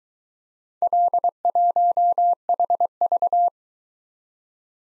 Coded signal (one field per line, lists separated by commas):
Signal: Morse code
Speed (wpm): 22 wpm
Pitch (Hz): 700 Hz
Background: none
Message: L1HV